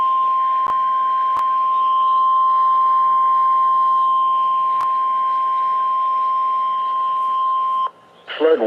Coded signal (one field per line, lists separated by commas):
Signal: Emergency Alert System (SAME) tones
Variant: 1050 Hz attention tone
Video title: EAS Flood Warning #3 (From CTP) 7/14/25 (Credit Goes To @SouthernPennsylvaniaWX)